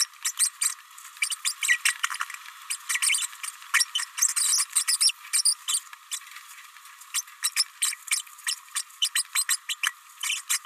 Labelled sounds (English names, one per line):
Green-rumped Parrotlet babbling